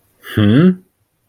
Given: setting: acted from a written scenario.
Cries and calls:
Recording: vocal sound without words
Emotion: confusion

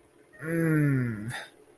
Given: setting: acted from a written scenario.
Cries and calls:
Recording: vocal sound without words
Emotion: distress

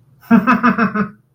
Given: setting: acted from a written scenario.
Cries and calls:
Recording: vocal sound without words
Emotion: amusement

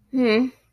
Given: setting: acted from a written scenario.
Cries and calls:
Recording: vocal sound without words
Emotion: shame

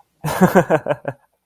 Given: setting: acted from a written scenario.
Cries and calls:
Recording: vocal sound without words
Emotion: amusement

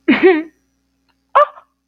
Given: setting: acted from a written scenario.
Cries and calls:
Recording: vocal sound without words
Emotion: contempt

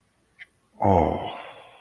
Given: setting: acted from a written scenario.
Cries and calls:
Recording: vocal sound without words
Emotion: sympathy

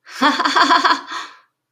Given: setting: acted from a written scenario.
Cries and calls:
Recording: vocal sound without words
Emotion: elation

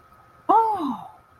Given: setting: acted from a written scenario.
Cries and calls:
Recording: vocal sound without words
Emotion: realization

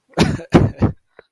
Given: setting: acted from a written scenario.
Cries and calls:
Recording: vocal sound without words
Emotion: embarrassment

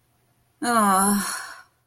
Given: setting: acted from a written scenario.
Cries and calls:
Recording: vocal sound without words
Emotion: guilt

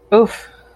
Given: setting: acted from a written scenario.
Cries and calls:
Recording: vocal sound without words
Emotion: embarrassment

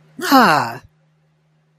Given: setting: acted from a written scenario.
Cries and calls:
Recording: vocal sound without words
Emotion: negative surprise

